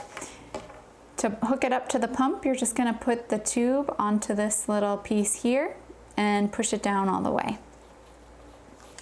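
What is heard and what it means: A plastic cap is pressed over the silicone diaphragm on the backflow protector of a Unimom Opera hospital-grade breast pump and seats with two sharp tick-like clicks at 0.2 s and 0.5 s. Someone then talks, and the cap is seated.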